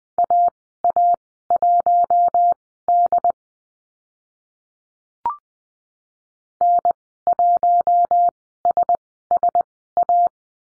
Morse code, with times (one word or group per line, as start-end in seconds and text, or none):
0.2-3.3 AA1D
6.6-10.3 N1SSA